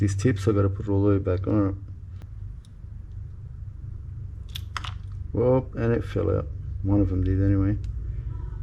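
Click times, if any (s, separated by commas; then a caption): none. During a service of a Shimano Stella FE spinning reel, a small metal roller bearing that fell out is handled near the reel's one-way clutch bearing assembly while someone talks. A few brief, light ticks occur around 4.5 to 4.9 seconds, but the bearing has not clicked into place or seated yet.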